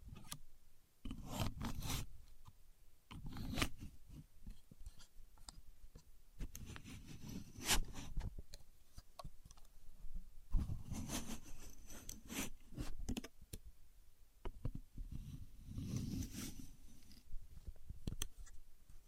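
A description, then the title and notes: A contour gauge is handled and pressed, giving clustered bursts of dry clicking and rattling as its pins slide. Sharp ticks and short scrapes come in irregular groups every second or two, with brief quiet gaps and low thumps between them. A Contour Gauge. No Talking.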